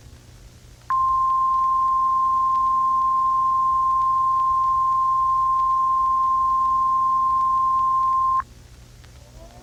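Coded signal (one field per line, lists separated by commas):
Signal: Emergency Alert System (SAME) tones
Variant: 1050 Hz attention tone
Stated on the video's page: Fictional alert scenario imagining a Cold War 1980s nuclear attack broadcast.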